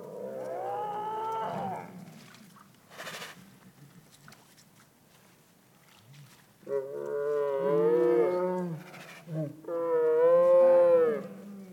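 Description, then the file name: Tiger giving a wavering howl, a quiet stretch with soft grumbles, then two more sustained, wavering howls close together. "Digiffects Sound Effects Library - Tiger Howling and Grumble"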